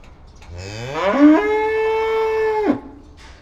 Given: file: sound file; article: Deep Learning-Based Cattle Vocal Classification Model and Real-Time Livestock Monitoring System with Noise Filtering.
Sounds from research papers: cattle; estrus call

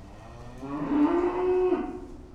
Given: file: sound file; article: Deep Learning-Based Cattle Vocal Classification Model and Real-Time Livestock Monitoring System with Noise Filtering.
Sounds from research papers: cattle; food anticipating call

